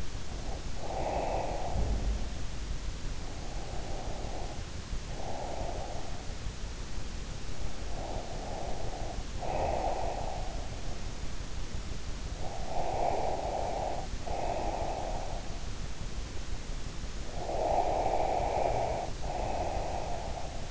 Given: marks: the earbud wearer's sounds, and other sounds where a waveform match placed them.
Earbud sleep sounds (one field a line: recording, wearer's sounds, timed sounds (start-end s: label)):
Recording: sounds in sleep by an in-ear microphone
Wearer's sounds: breath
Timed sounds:
0.21-2.49 s: breath
3.24-6.32 s: breath
7.58-11.06 s: breath
12.33-15.71 s: breath
17.20-20.71 s: breath